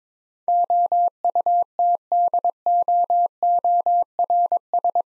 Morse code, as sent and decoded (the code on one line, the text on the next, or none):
--- ..- - -.. --- --- .-. ...
OUTDOORS